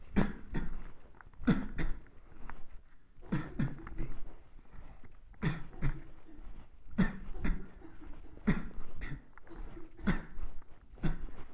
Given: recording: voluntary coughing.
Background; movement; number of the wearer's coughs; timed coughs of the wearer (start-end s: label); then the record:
a bystander coughing; walking; 13
0.14-0.45 s: cough
0.52-0.82 s: cough
1.44-1.76 s: cough
1.76-2.14 s: cough
3.29-3.57 s: cough
3.57-3.85 s: cough
5.41-5.70 s: cough
5.80-6.12 s: cough
6.96-7.29 s: cough
7.42-7.69 s: cough
8.44-8.83 s: cough
10.04-10.40 s: cough
11.01-11.30 s: cough
From the record:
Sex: male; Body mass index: 23.7 kg/m2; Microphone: on the chest, facing the body